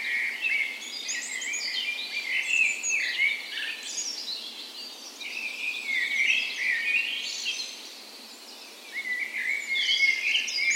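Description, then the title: Birds: bird dawn chorus with layered songs, warbling phrases and bright whistles overlapping continuously, briefly thinning near the end before rising again. Dawn chorus in a park west in Bergen, Norway, on the morning of 17 May, Norway's National Day, in spring; Sony PCM A10 recorder, LOM micro Usi mics used as tree ears. "17th Of May Dawn Chorus"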